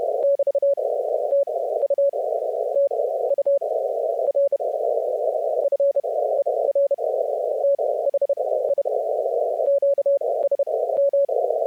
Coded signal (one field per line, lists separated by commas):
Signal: Morse code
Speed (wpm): 31 wpm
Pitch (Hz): 560 Hz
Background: none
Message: <BT> TU TU RFER THI QSM